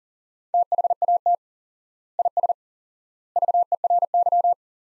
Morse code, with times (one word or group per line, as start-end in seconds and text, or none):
0.5-1.3 THAT
2.2-2.5 IS
3.4-4.5 VERY